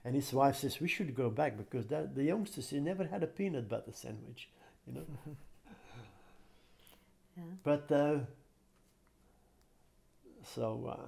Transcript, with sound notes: And he — well, I says, "We should go back because that — the youngsters, they never had a peanut butter sandwich." You know.
[chuckles] Yeah.
But so